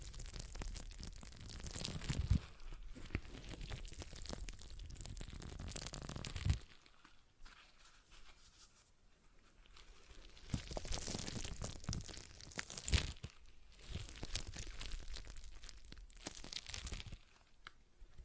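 A stress ball is squeezed and worked in the hands, giving dense crinkling, crunching and rubbing sounds. The noise is heavy through the first six seconds, drops to quieter handling, then swells again around ten to fifteen seconds, with a few sharp snaps.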